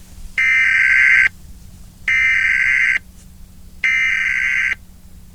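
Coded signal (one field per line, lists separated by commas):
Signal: Emergency Alert System (SAME) tones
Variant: header bursts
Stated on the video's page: Fictional EAS scenario, simulated alert.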